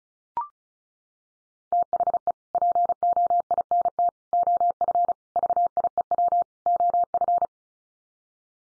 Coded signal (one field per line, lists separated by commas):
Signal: Morse code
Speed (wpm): 34 wpm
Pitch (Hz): 700 Hz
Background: none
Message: THE POINT OF VIEW OF